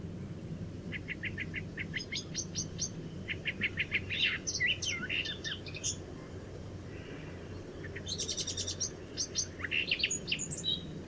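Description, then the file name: Eurasian blackcap song over steady low background noise: short runs of evenly repeated sharp notes and scratchy warbled phrases. "Sylvia atricapilla"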